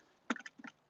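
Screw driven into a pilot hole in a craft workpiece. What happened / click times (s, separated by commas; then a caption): A sharp knock with scattered taps, no clear sound of a screw slipping in its hole / 0.3 s. A screw is power-driven into a pilot hole in a craft workpiece, with a sharp click at 0.3 s followed by a few lighter ticks around 0.4 s and softer taps near 0.6–0.7 s. The screw strips its hole, spinning out of its threads instead of biting.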